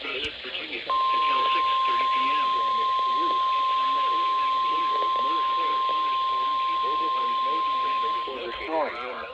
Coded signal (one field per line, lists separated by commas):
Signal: Emergency Alert System (SAME) tones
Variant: 1050 Hz attention tone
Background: speech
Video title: Very Late EAS Comp || EAS Alerts From May 30th - 31th, 2025. EAS #367 - #428